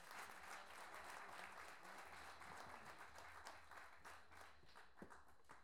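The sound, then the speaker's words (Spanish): An audience bursts into steady applause for the second participant at the VII National Pie Forzado Tournament, a dense, continuous patter of many hands clapping at an even loudness throughout, with no voices standing out above it. “Vamos con el segundo participante, Guillermo Villalobos. Aplausos.”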